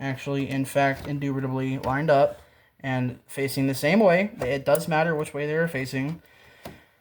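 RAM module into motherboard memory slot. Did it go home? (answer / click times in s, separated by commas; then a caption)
yes / 6.7 s. Someone talks while a second RAM memory module is pushed into its motherboard memory slot. A short, sharp click at 6.7 s is heard as the module snaps in and seats.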